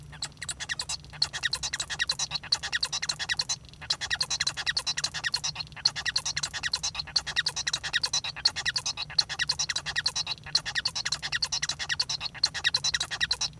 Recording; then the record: song of a male Bengalese finch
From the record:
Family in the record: son of father 1